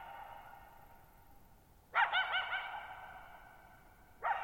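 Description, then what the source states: Coyote letting out a loud wavering yelp that trails into a long reverberant fade, another call starting at the end. Lone coyote, night of July 14, 2019, near Thirtymile Meadows, Okanogan National Forest, Okanogan High Country, Pacific Northwest, 6400 ft (1950 m); shallow bowl-shaped meadow like a natural amphitheater.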